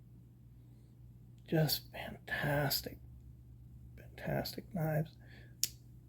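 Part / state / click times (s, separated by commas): folding knife blade into its handle lock / seated / 5.6 s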